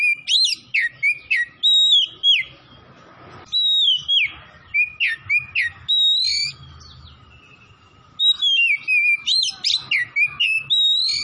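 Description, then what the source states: Oriental magpie-robin in full, vigorous song: dense rapid sequences of rich whistles, chirps and downslurred notes, in bursts separated by pauses. Kacer from Tretes, singing vigorously (gacor).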